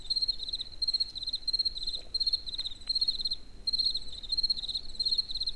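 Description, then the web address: Cricket chirping: high, shrill pulsed chirps in quick bursts, with a short pause near the middle, over a low rumbling background. Crickets recorded in nature near the Eger tourist house. "allathangok termeszetben tucsok muzsikusok egerturistahaz"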